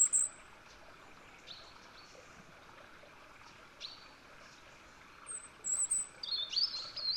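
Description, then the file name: European robin singing very high, thin whistled notes at the start, faint notes in between, then a bright quick twittering phrase near the end over soft hiss. "Erithacus rubecula"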